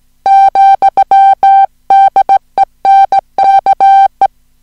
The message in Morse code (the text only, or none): ,DENKE